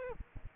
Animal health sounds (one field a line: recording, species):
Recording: mosquito wingbeat signal from an infrared sensor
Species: Aedes aegypti